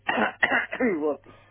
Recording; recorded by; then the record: voluntary cough; telephone call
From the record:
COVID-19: positive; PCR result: checked with the laboratory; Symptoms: yes